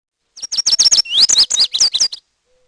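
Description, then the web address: Bird delivering a quick run of high, bright slurred notes, dropping then sweeping upward midway, around two seconds long and otherwise quiet. "Peterson North American Birds. labu"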